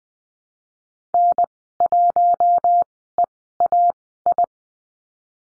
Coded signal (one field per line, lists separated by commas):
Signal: Morse code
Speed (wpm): 20 wpm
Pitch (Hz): 700 Hz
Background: none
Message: N1EAI